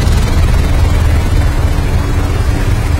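A helicopter explosion: a loud, continuous low roar and rumble that stays heavy and steady for the whole stretch, with no voices over it.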